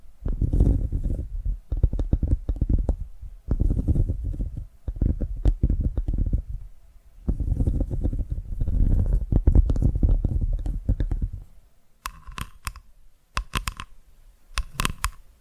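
ASMR tapping comes in dense bursts of quick, crackly taps with a heavy, low, rumbling body, separated by short pauses. Near the end, around twelve seconds, sharper, brighter clicks take over in short clusters, alternating with a few softer low taps.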